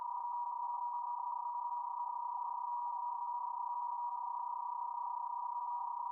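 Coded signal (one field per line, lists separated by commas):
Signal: PSK31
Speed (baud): 31.25 baud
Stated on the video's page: BPSK31 worked with a Yaesu FTDX10 transceiver via Ham Radio Deluxe.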